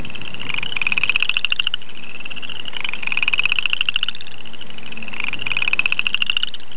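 Upland chorus frog calling: pulsed, rattling trills that rise slightly in pitch, repeated about every two seconds over a low background hum.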